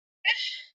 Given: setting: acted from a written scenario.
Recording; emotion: vocal sound without words; embarrassment